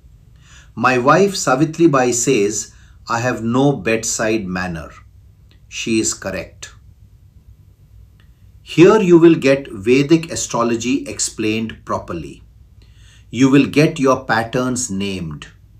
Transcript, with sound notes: My wife Savitribai says I have no bedside manner. She is correct. [pause] Here you will get Vedic astrology explained properly. You will get your patterns named.